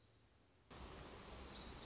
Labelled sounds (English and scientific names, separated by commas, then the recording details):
Black-throated Gray Warbler (Setophaga nigrescens)
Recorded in Sonoma County, California